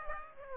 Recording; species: mosquito wingbeat signal from an infrared sensor; Aedes aegypti